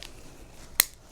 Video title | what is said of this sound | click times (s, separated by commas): Demo Discoveries: Mastering LPA Cable Termination | just like that you can hear it snap and now the disconnector this back end is flush | 0.8 s